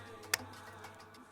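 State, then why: Seated. A rifle magazine is inserted into the magazine well and rocked back until it seats, giving a small, sharp click at 0.3 s. Quieter handling ticks follow, and the magazine is seated in place.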